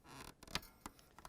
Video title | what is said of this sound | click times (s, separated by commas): How To Replace: Frigidaire/Electrolux Refrigerator Temperature Control Thermostat 240383703 | and it locks in place | 0.5 s